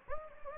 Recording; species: mosquito wingbeat signal from an infrared sensor; Anopheles gambiae